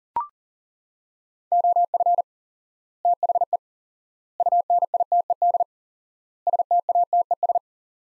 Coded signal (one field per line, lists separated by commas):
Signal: Morse code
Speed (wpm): 37 wpm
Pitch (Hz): 700 Hz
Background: none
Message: OF THE UNITED STATES